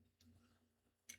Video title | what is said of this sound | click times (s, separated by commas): Carrera track tricks | So, when you put them in, you can hear them They're very audible click. | 1.1 s